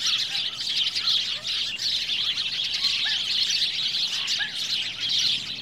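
Birds chirping in a constant high twittering chorus, with a few short lower swooping notes mixed in.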